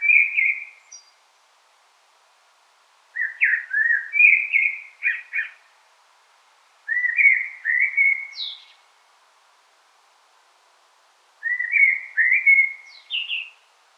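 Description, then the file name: Common blackbird delivering a series of mellow whistled phrases, most ending in a thin high squeak, spaced by pauses of one to three seconds. "Turdus merula"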